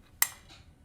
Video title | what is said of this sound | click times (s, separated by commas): Lesson 4 Trumpet | you hear that so it's in place and then i got to get my valve cap on top | 0.2 s